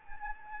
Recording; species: mosquito wingbeat signal from an infrared sensor; Anopheles gambiae